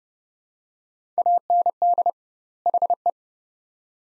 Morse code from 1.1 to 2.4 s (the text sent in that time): AND